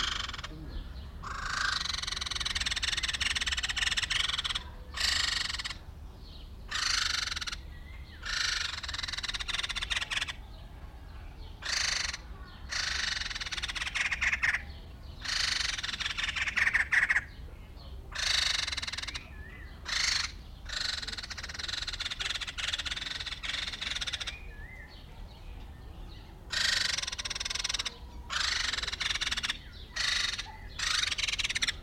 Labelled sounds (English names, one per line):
White-crested Laughingthrush call